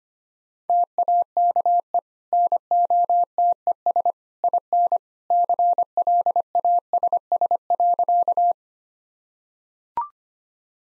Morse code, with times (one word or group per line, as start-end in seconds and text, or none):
0.7-2.0 TAKE
2.3-4.1 NOTES
4.4-5.0 IN
5.3-8.5 CLASS.